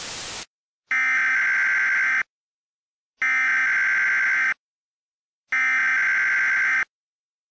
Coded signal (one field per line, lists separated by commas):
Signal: Emergency Alert System (SAME) tones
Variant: header bursts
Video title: EAS Mock 19: Biomass